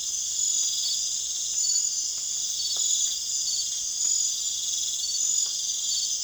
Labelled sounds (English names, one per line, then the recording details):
none
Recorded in pastures near Puerto Asís, Putumayo, Colombia, on 30 June 2025 at 01:30
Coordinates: 0.502, -76.324
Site G010